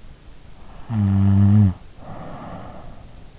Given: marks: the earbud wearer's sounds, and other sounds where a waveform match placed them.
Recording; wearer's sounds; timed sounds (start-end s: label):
sounds in sleep by an in-ear microphone; snoring breath
0.88-3.11 s: snoring breath